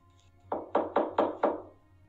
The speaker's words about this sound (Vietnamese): Một năm trước, Hòa đang ngồi đọc lại hồ sơ một vụ án được tổng hợp của một cán bộ, thì bỗng có tiếng gõ cửa.